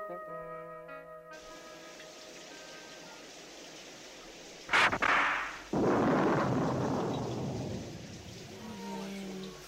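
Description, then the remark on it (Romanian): Steady rain falls outside a castle, hissing throughout, broken by a sharp crack of thunder that gives way to a long, loud rumble slowly fading back into the downpour. “Afară plouă și nu putem vizita nici curtea castelului, nici pădurea.”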